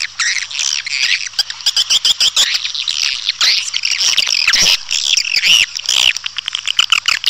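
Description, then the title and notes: Swiftlet chirping calls: dense, high twittering chatter with sharp clicks throughout and overlapping rising and falling chirps. Swiftlet sound used in bird farming in Asia. "Swiflet Bird Sound. Farming Swiflet Bird asia sound"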